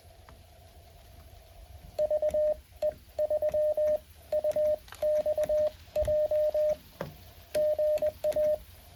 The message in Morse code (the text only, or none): VE3UXJ GA